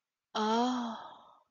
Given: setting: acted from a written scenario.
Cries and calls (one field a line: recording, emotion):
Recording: vocal sound without words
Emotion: awe